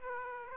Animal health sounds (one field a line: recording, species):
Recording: mosquito wingbeat signal from an infrared sensor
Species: Aedes aegypti